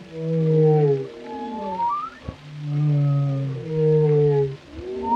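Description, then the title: Whale song with deep droning low moans under sliding higher tones, one sharp click near the middle. Compilation of whale vocalizations including moans, calls and melodies, presented for relaxation. "Soothing Symphony of the Deep: Captivating Whale Sounds for Relaxation"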